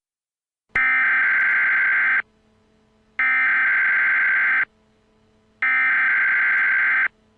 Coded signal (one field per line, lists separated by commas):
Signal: Emergency Alert System (SAME) tones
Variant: header bursts